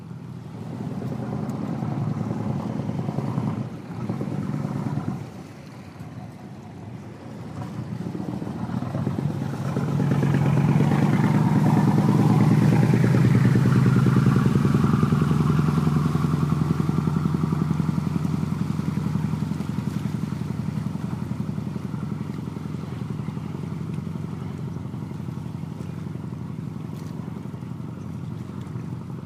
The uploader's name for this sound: Boat Riding